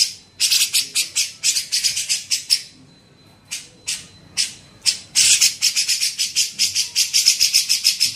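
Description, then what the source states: Grey-cheeked bulbul rattling off quick scratchy notes, pausing with a few scattered notes, then resuming with a longer, denser run of rasping pulses. Masteran training recording for songbirds.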